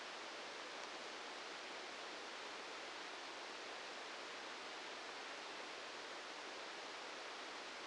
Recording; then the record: brain microelectrode recording played as sound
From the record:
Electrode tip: outside the subthalamic nucleus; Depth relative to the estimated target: -6 mm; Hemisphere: right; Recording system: NeuroSet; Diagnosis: Parkinson's disease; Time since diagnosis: 13 years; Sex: male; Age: 66 years